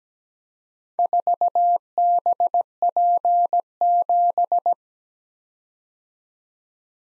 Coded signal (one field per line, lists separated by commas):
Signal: Morse code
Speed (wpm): 17 wpm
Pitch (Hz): 700 Hz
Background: none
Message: 4BP7